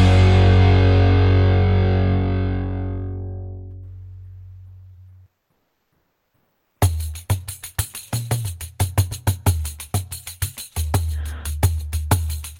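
A band's song: a heavily distorted guitar chord rings out and slowly fades, then after a couple of seconds of silence, loud, driving full-band music kicks back in with punchy rhythmic hits. No voices.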